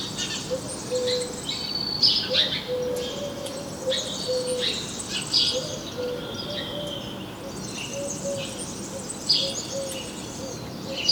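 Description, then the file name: House sparrow chirping, quick high chirps in bursts over repeated low mellow tones. "Passer domesticus"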